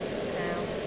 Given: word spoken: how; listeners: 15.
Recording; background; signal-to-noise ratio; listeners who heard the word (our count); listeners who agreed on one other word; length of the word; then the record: one English word in noise, from a listening test; speech-shaped noise; -6.2 dB; 0 of 15; 8 of 15; 0.47 s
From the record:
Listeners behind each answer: 8, 2, 1, 1, 1, 1, 1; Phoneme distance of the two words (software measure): 10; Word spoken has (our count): 1 syllable, 2 phonemes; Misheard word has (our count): 1 syllable, 2 phonemes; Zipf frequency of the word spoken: 6.33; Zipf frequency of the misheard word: 6.44